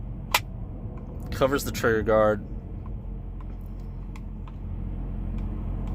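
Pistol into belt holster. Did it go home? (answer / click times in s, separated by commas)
yes / 0.4 s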